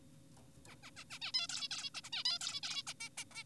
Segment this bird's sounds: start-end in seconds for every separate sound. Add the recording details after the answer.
0.66-0.76, 0.83-0.91, 0.97-1.04, 1.10-1.19, 1.22-1.32, 1.34-1.47, 1.49-1.68, 1.71-1.90, 1.95-2.01, 2.04-2.10, 2.13-2.24, 2.25-2.38, 2.41-2.60, 2.63-2.83, 2.87-2.94, 3.00-3.09, 3.18-3.24, 3.32-3.44. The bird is an adult. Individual g4p5U